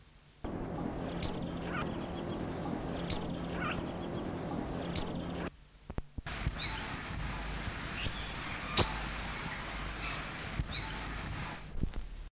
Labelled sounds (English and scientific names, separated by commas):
Magpie Tanager (Cissopis leverianus) call